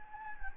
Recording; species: mosquito wingbeat signal from an infrared sensor; Anopheles gambiae